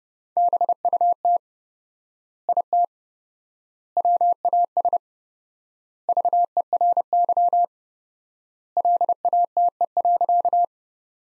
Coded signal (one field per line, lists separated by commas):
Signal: Morse code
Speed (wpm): 30 wpm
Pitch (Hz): 700 Hz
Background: none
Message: BUT IT WAS VERY LATE.